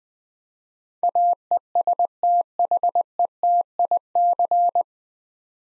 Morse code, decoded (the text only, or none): AESTHETIC